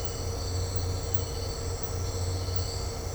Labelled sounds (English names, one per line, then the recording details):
none
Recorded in dense forest near Puerto Asís, Putumayo, Colombia, on 9 March 2025 at 17:30
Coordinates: 0.468, -76.322
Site GP01